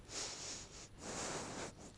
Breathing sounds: one breath in and out by a microphone near the nose and mouth; strong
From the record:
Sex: male

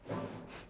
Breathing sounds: one breath in and out by a microphone near the nose and mouth; strong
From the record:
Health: marked as sick, illness not named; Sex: female

